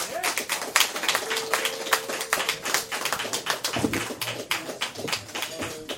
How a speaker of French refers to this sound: On peut l'applaudir. Come on, il fait une petite bonne job ici.